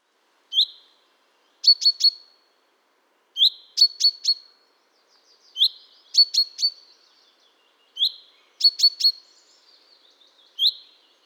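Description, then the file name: Common chaffinch calls: sharp high metallic notes, a single note followed by a quick run of three, the pattern repeating about every two and a half seconds. "Fringilla coelebs"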